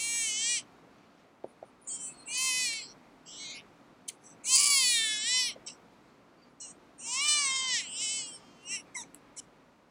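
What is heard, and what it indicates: An infant cries in short, high-pitched, harmonic-rich bursts separated by pauses. It is one of many recorded baby cries, each said to express a different need.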